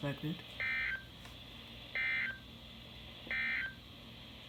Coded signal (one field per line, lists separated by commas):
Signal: Emergency Alert System (SAME) tones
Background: speech